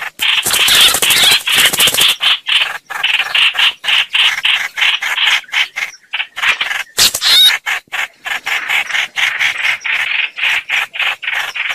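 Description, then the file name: Red-whiskered bulbul: rapid rasping chatter of a red-whiskered bulbul in distress, a stream of short harsh notes about four per second, with a brief loud noisy burst early on. Calling for help, a distress call. "Tieng trao trao keu cuu"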